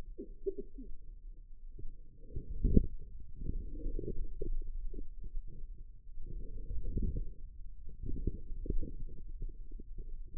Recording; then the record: forearm muscle sounds (acoustic myography)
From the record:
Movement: wrist flexion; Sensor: system 2, bracelet of six BSWA MPA416 microphones around the upper forearm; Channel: 4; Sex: female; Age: 25 years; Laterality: right